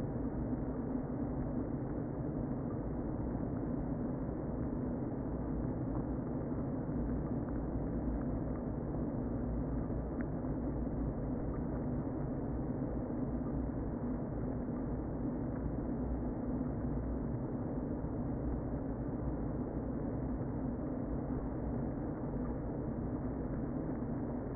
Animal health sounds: honeybee colony, microphone inside the hive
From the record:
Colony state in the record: queen present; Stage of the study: before two queens were removed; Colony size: about 60,000 bees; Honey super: yes

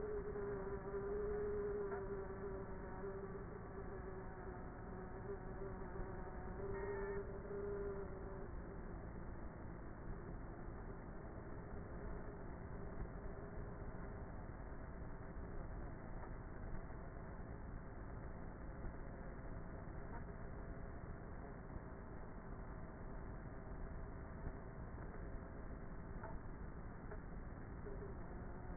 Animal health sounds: honeybee colony, microphone inside the hive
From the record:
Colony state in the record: queenless with a low population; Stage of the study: before two queens were removed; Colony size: about 30,000 bees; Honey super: no

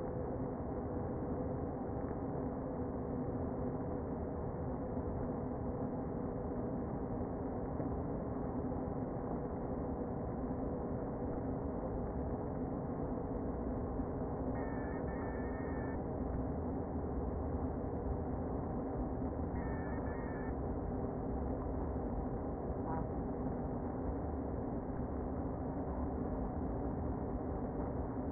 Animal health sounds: honeybee colony, microphone inside the hive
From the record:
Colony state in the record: queen present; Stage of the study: before two queens were removed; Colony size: about 60,000 bees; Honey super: yes

